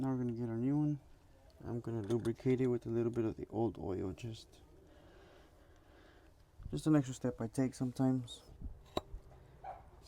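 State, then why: Seated. A new cartridge oil filter element for a fifth-generation Camaro, lubricated with a little old oil, is pushed onto the plastic filter housing cap while someone talks. It snaps into place with one sharp click at 9.0 s and is fully seated.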